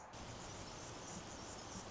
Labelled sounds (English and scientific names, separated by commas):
Anna's Hummingbird (Calypte anna)